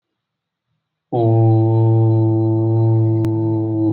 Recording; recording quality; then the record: sustained vowel as in boot; excellent, no background noise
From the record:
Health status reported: exposed to COVID-19, no respiratory illness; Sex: male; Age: 44 years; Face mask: not worn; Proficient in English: yes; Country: India